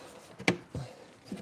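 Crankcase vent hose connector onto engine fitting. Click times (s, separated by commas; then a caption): 0.5 s. A plastic crankcase vent hose connector on a BMW 325xi being converted to a 330xi intake setup is pushed back onto its engine fitting after slipping off. It snaps home with a sharp click at 0.5 s, followed by a softer thud at 0.8 s and a faint knock near 1.3 s. The connector is seated.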